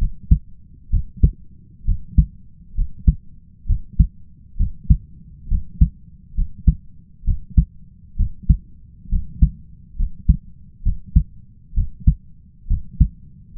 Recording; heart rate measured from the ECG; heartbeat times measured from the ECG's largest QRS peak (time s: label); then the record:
heart sounds by stethoscope; 66 bpm
0.90 s: heartbeat
1.85 s: heartbeat
2.75 s: heartbeat
3.66 s: heartbeat
4.57 s: heartbeat
5.48 s: heartbeat
6.35 s: heartbeat
7.24 s: heartbeat
8.16 s: heartbeat
9.09 s: heartbeat
9.96 s: heartbeat
10.83 s: heartbeat
11.74 s: heartbeat
12.67 s: heartbeat
13.55 s: heartbeat
From the record:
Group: healthy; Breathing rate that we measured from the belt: 16 breaths a minute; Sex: male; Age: 20 years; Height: 167 cm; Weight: 61 kg